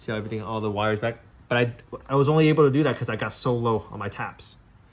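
Someone talks while handling an LED emblem for an Ioniq 5 front emblem housing, with its wiring tucked inside, getting ready to push it back into the mount. Only speech is heard, with no clear mechanical sounds. Nothing has seated or clicked yet.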